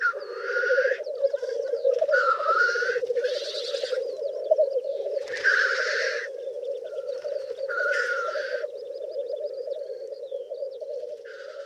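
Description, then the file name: Black grouse: steady low bubbling coos throughout, broken by several loud, harsh hissing sneezes spaced a second or two apart, with faint higher bird notes. "Black Grouse (Tetrao tetrix)"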